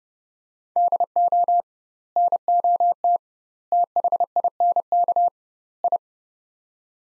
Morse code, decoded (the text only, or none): DO NOT THINK I